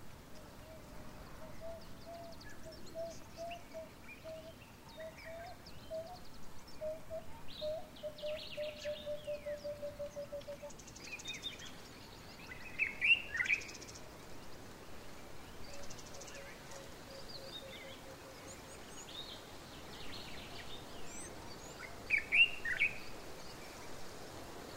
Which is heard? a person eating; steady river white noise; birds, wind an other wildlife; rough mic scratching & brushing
birds, wind an other wildlife